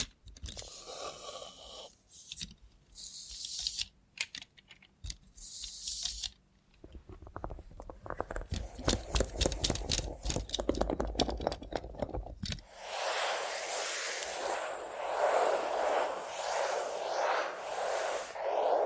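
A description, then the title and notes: Robot hand ASMR: irregular clicks, taps and scraping for twelve seconds, then a dense steady hiss with a fluttering rush until the end. Try ASMR with a Robot Hand (No Talking).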